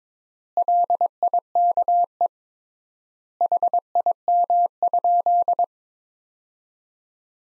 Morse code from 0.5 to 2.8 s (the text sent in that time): LIKE